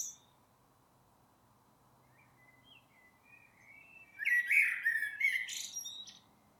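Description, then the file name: Common blackbird song: a single phrase of low fluting warbled notes that breaks into a high, thin squeaky twitter, after a long quiet stretch with faint background hiss. "Turdus merula"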